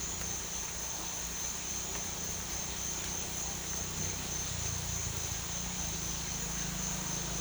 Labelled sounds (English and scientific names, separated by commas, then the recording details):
none
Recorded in dense forest near Puerto Asís, Putumayo, Colombia, on 20 December 2024 at 07:00
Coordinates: 0.467, -76.328
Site GP05